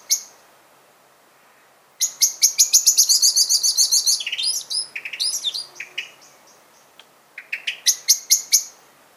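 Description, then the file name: Common blackbird giving a rapid series of sharp chinking notes, breaking into a few lower squeaky notes, then resuming the clipped chinks near the end. "Turdus merula"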